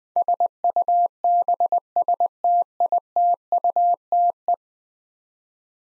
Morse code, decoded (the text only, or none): SUBSTITUTE